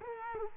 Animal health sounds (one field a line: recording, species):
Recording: mosquito wingbeat signal from an infrared sensor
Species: Culex quinquefasciatus